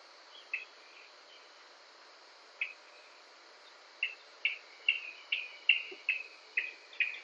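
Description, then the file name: Okinawa rail giving sparse sharp notes that speed up into a quick run of repeated, slightly down-slurred calls against constant background hiss. In Kunigami on 5 July 2020. "yanbaruk kunigami oshiro"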